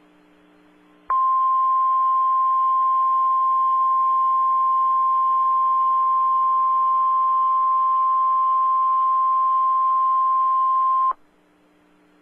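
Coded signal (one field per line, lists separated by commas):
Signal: Emergency Alert System (SAME) tones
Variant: 1050 Hz attention tone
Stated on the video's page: Real severe thunderstorm warning EAS alert captured over the internet.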